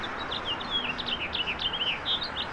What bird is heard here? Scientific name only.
Haemorhous mexicanus